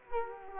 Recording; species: mosquito wingbeat signal from an infrared sensor; Culex quinquefasciatus